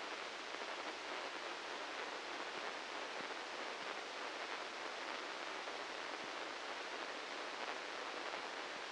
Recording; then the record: brain microelectrode recording played as sound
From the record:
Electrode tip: inside the subthalamic nucleus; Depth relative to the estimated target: -2 mm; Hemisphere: left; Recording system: NeuroSet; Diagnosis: Parkinson's disease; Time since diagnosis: 15 years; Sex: male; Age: 65 years